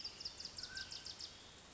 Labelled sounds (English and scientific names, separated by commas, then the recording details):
Mountain Quail (Oreortyx pictus)
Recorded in Sonoma County, California